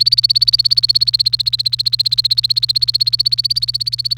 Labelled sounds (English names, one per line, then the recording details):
Domestic Canary song
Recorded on 28 April 2018 at 14:28
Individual llb3